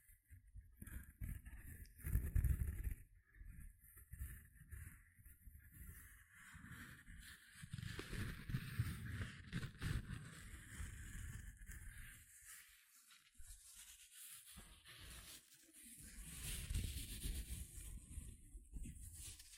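Gentle scratching comes in uneven, soft strokes, mostly a low, muffled rubbing with a faint airy hiss above it. The sound swells and fades in bursts, strongest near the start and again toward the end, with brief near-silent pauses around 3, 13 and 15 seconds.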